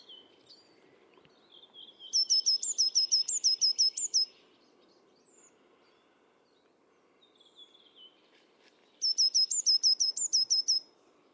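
Bird delivers two bursts of rapid high, sharp repeated notes about seven seconds apart, with faint lower chirps and twitters scattered between them.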